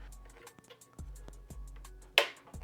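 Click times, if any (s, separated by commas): 2.2 s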